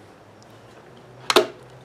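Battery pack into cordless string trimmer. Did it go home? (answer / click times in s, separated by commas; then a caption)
yes / 1.3 s. A Kobalt 40V battery pack is slid into the battery slot of a cordless string trimmer until it locks in place. After a quiet stretch with a faint low hum, a sharp, loud double click snaps out at 1.3 s and quickly fades. The battery is seated and locked.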